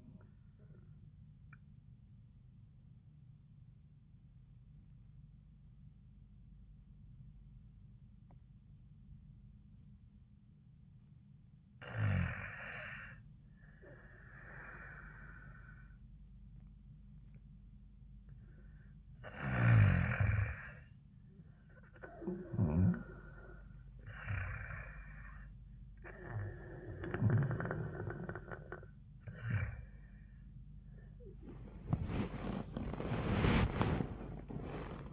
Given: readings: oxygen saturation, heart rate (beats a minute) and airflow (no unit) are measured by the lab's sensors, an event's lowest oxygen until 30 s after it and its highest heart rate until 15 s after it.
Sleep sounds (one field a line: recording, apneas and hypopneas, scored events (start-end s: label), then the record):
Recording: a person awake in a sleep study, by a smartphone at the bedside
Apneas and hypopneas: 1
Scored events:
3.00-20.60 s: obstructive apnea (N1, oxygen 97% highest, then 93% lowest, heart rate 79 at the start, 91 highest)
10.00-35.13 s: new sleep stage, awake
13.00-35.13 s: awake
From the record:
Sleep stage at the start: N1 (lightest sleep)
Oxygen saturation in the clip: 88 to 97%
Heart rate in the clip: 79 to 91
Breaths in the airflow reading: 3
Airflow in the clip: -6.7 to 6.4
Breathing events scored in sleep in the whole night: 400 in 8.7 hours asleep